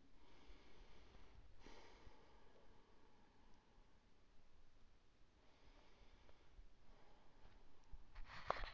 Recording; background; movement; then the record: deep breathing; quiet; sitting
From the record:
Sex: female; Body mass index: 21.8 kg/m2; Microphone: on the chest, facing outward